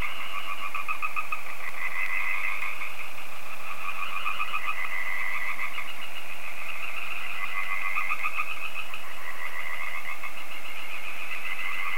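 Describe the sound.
Frogs in full chorus, a constant wash of rapid pulsed croaks over twelve seconds.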